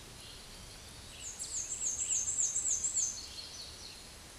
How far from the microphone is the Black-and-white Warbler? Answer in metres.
about 20 m